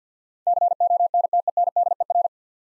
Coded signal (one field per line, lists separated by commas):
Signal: Morse code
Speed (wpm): 50 wpm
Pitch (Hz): 700 Hz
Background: none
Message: CONTENDER